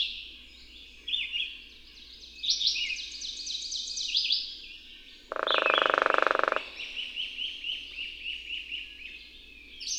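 Bird song: fast runs of high, trilled chirps, cut midway by a loud, low, buzzing croak lasting over a second, then more twittering.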